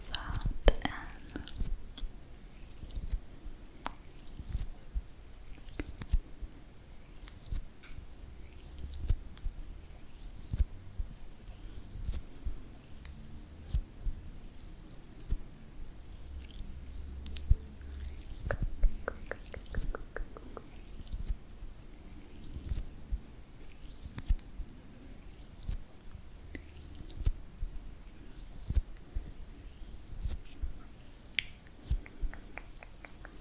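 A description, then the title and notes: Sounds of applying makeup and doing hair and nails: frequent sharp clicks, taps and snips land every second or so over a soft low rumble. Quick rattling bursts stand out near the nineteen-second mark and again near the end. ASMR Applying Makeup, Hair & Nails.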